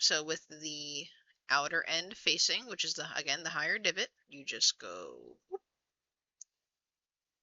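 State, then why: Seated. A plastic armor piece is pushed onto an action figure kit with its outer end, the higher divot, facing out. Someone talks, then a single sharp click sounds at 6.4 s as the armor snaps into place on the figure.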